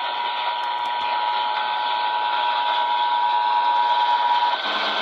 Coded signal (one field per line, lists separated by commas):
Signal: Emergency Alert System (SAME) tones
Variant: 853 and 960 Hz attention tone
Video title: Connecticut RMT October 2021(EAS 2,162)